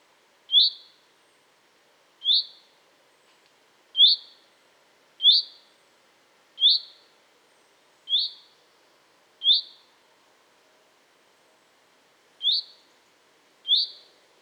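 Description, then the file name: Common chaffinch repeating a sharp, rising single-note call nine times, mostly every one to two seconds, with a longer pause before the last two. "Fringilla coelebs"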